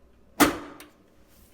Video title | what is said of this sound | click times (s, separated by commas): Ultimate Cuisinart Breadmaker Review as Compared to the Breadman | lower octatana full of contents into the machine it'll lock into place by pressing it down | 0.8 s